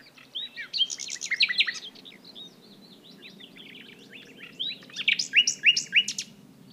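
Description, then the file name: Common nightingale song: two bursts of varied phrases with whistles and rapidly repeated notes, separated by a quieter stretch of softer notes, over steady low background noise. "Luscinia megarhynchos"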